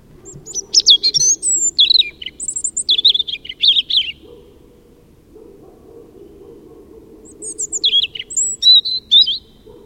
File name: Erithacus rubecula